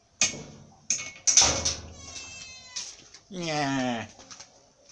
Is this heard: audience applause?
no